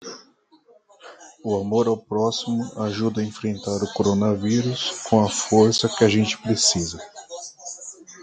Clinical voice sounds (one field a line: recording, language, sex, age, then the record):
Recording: spoken sentence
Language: Brazilian Portuguese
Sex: male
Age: 50 to 59 years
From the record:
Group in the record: control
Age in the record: 54 years